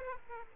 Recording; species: mosquito wingbeat signal from an infrared sensor; Aedes aegypti